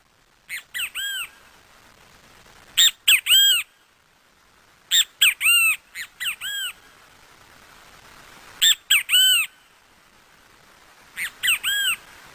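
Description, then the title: Great kiskadee giving loud, harsh, arched notes in short bursts of three or four, repeated at irregular intervals of about two to four seconds, with quiet background between. Song, at an open-air classroom in Parque Avellaneda. "Canto Del Benteveo Aula A Cielo Abierto Parque Avellaneda"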